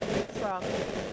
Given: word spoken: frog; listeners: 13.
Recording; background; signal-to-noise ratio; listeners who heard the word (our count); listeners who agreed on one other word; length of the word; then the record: one English word in noise, from a listening test; noise modulated by three-talker babble; -3.6 dB; 2 of 13; 6 of 13; 0.73 s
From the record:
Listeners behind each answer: 6, 2, 1, 1, 1, 1, 1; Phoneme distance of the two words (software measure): 10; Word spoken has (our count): 1 syllable, 4 phonemes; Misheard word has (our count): 1 syllable, 4 phonemes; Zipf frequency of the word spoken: 4.05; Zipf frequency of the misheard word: 6.50